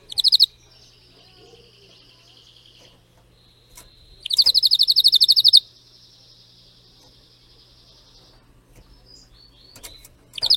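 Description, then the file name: Canary (Spanish Timbrado): canary song in short bursts: quick trills and thin whistled tones separated by quiet gaps, with a few faint clicks and a low hum. Belgian canary, Spanish Timbrado breed, singing. "canto do canario belga timbrado espanhol"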